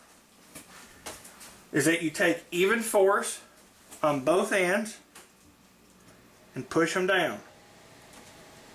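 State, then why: Not seated. Memory modules are handled over motherboard DIMM slots, to be pushed down with even force on both ends until the latches snap closed, while someone talks. Faint handling noises occur around 1.1 s and 5.2 s, but nothing has seated or clicked yet.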